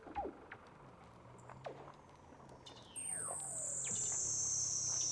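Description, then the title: Weddell seal underwater calls: falling chirps and glides, then a loud high whistle that slowly descends, over a faint low hum. "Douglas Quin - Weddell Seals (Underwater)"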